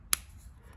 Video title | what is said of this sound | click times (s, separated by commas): Faber-Castell Grip 2011 All Black Fountain Pen Review | the pen is a snap cap nice little click and it latches on the in the cap onto these points around the base | 0.1 s